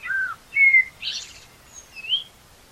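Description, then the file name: Common blackbird song, a few clear fluty whistles broken by a scratchy burst and a high rising squeak. "Turdus merula"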